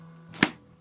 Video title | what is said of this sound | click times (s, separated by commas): Multiplex Cargo B17 Restoration Update 3 | it just clicks into place | 0.4 s